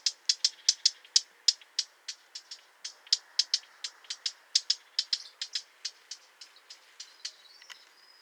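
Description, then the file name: Eurasian blackcap giving sharp, dry tacking notes, many hard clicks in quick, slightly uneven succession, some louder than others. Calls given in a state of agitation. "Mönchsgrasmücke Erregung"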